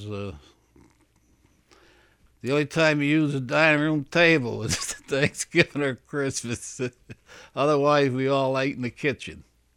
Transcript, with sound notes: The only time you used the dining room table (he laughs) was at Thanksgiving or Christmas. Otherwise, we all ate in the kitchen.